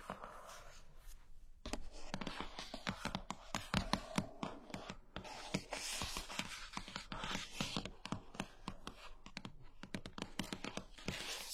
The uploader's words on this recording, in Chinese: 舒压疗愈的敲击音。